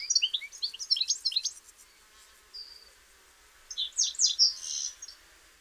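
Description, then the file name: European goldfinch song in two bursts of quick, high liquid twitters and chirps, separated by a quiet gap with one thin whistled note. "Carduelis carduelis"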